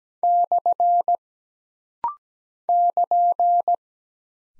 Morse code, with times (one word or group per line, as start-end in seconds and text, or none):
0.2-1.2 /
2.7-3.8 <KN>